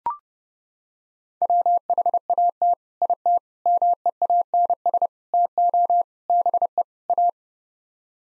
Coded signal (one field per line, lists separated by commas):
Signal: Morse code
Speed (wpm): 29 wpm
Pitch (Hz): 700 Hz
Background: none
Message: WHAT IT MEANS TO BE A